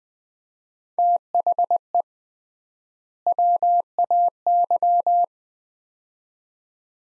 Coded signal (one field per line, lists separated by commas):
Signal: Morse code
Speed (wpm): 20 wpm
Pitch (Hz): 700 Hz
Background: none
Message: THE WAY